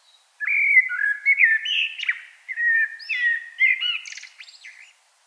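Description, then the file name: Common blackbird song, a long flowing phrase of low rich whistles rising and falling, finishing with a thin, scratchy high twitter. "Turdus merula"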